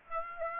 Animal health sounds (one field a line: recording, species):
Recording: mosquito wingbeat signal from an infrared sensor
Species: Aedes aegypti